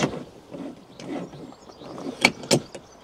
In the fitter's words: that's it that's locked into place